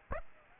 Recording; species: mosquito wingbeat signal from an infrared sensor; Aedes aegypti